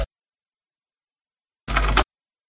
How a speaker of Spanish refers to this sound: estoy escuchando tu teclado. Poné que sea activado por tecla en vez de ser activado por voz.